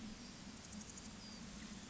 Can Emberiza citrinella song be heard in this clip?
no